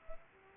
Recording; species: mosquito wingbeat signal from an infrared sensor; Culex pipiens